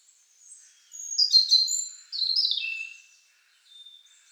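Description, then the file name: European robin song: a high whistle, two tumbling warbled phrases, the second sliding down in pitch, then a soft short note after a pause. "Erithacus rubecula"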